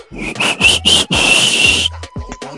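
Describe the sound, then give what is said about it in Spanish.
An attempt at whistling: a few short breathy blows, then a longer airy one with a thin, wavering high tone barely coming through the rush of air, and no speech. “A ver si me sale, porque no sé chiflar.”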